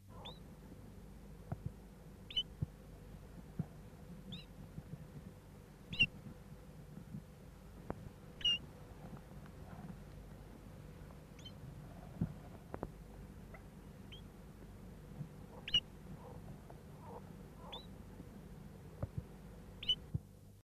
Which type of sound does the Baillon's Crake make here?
call